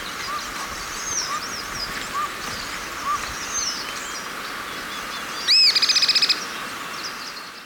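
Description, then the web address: Cliff flycatcher call, a sudden sharp note followed by a fast even stutter of high notes, with other faint bird chirps and insect drone. Ecuador. "Natures Songs S America Birds of Ecuador Cliff Flycatcher"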